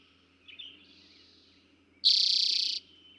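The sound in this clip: Eastern towhee song: a single loud, buzzy trill lasting under a second, after soft chirps in the background.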